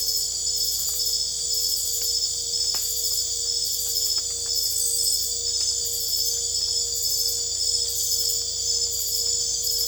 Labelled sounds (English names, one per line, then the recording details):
none
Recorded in secondary vegetation near Puerto Asís, Putumayo, Colombia, on 22 December 2024 at 23:00
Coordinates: 0.488, -76.319
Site GP04